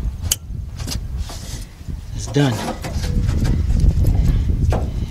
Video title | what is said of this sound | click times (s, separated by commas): ⭐ 2002 Mercury Sable - Fuel Pump - Fuel Filter | it until we hear click done | 0.3 s